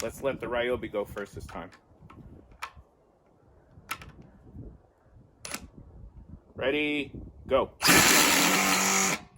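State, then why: Stripped. Someone talks, then a Ryobi cordless impact driver runs from about 7.8 s to the end, driving a #10 x 4 inch wood screw into a 4x6 wooden block. The screw strips during the run; nothing has seated or clicked, and only the steady whir of the driver is heard.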